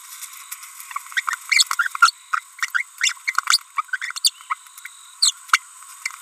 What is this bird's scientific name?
Forpus passerinus